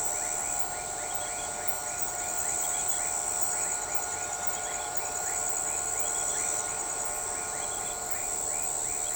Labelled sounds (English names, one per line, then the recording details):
none
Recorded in shrubland near Pivijay, Magdalena, Colombia, on 13 April 2023 at 00:30
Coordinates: 10.453, -74.365
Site P5-G022